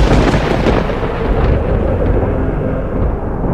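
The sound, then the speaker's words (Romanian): A deep, continuous rumble of storm thunder rolls on loudly for several seconds, heavy in the low end with a hissing wash above that thins out toward the end. No voices. “Numai tunetul cânta adânc ca un proroc al pierzării.”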